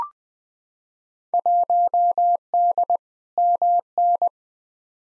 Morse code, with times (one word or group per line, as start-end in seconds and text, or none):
1.3-3.0 1D
3.4-4.3 MN